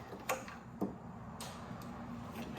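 A plastic wiring harness connector behind the fairing of a K1200LT motorcycle is pushed into its mating connector during reassembly after an air filter change. A sharp, positive click at 0.3 s shows the connector has seated, followed by a few fainter ticks and handling sounds.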